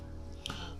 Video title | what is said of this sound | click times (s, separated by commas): Skyreat Six Pack - DJI Mini 3 Pro Filters | twist the lens cover anti-clockwise slightly until it clicks | 0.5 s